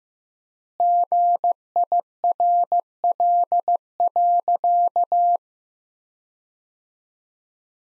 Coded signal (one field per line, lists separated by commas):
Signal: Morse code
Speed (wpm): 16 wpm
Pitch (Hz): 700 Hz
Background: none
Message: GIRL.